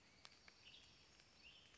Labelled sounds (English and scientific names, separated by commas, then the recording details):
Western Tanager (Piranga ludoviciana)
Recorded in Sonoma County, California